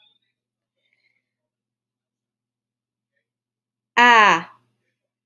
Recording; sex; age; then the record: vowel held as long as possible; female; 20 to 29 years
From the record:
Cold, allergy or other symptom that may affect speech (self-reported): no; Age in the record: 22 years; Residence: Washington, United States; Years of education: 16